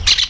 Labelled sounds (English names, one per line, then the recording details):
Brown-throated Parakeet contact call
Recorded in Venezuela
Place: PN Cerro Saroche, Tierras del Sr. Polo, Edo. Lara
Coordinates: 10.171, -69.518